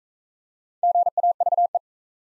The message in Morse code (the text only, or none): GAVE